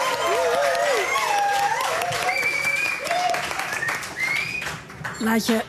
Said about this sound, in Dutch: Laat je horen, nog 1 keer een heel erg applaus.